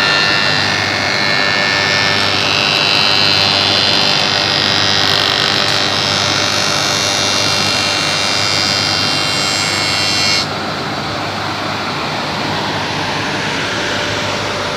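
A spindle moulder shapes a curved workpiece in a jig with a steady, dense roaring whine; the bright cutting hiss stops near ten seconds, leaving the motor running.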